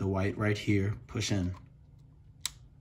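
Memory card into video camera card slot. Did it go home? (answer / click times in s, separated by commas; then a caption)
yes / 2.5 s. A memory card is pushed all the way down into the spring-loaded card slot of a Canon XC15 video camera until a white marker shows. Someone talks for about the first 1.6 seconds, then one sharp click is heard at 2.5 seconds as the card seats, the sign that it is good to go.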